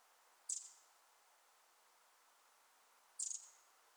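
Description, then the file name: Eurasian wren calling, two brief high ticking bursts separated by a long pause, otherwise quiet. "Troglodytes troglodytes"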